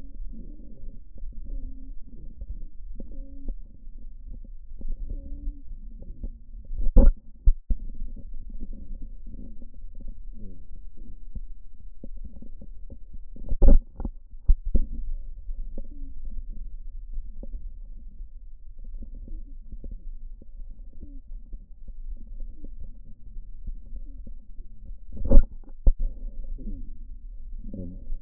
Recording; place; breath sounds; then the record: lung sounds by stethoscope; left posterior lower chest; inspiratory and expiratory wheeze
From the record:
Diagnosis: asthma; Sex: male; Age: 70 years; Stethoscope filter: diaphragm mode, 100 to 500 Hz